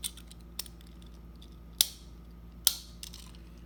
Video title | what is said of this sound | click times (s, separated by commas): First wheel swap | uh you guys hear those two clicks | 1.8 s, 2.7 s